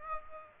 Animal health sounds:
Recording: mosquito wingbeat signal from an infrared sensor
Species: Aedes aegypti

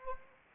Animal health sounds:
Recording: mosquito wingbeat signal from an infrared sensor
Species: Anopheles arabiensis

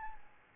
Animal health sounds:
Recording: mosquito wingbeat signal from an infrared sensor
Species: Aedes albopictus

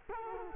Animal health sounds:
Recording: mosquito wingbeat signal from an infrared sensor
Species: Culex quinquefasciatus

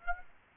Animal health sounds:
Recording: mosquito wingbeat signal from an infrared sensor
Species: Aedes aegypti

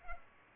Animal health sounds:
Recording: mosquito wingbeat signal from an infrared sensor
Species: Culex pipiens

